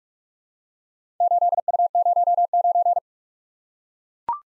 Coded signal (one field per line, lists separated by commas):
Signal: Morse code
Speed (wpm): 44 wpm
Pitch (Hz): 700 Hz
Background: none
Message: 8U09